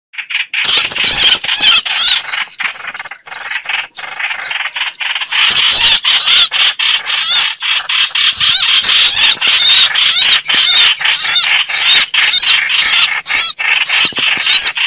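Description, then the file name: Hoanh hoach bird song: thick, rolling chatter that swells after a quieter start, with repeated curved whistles rising and falling over the noise. "Tieng chim hoanh hoach"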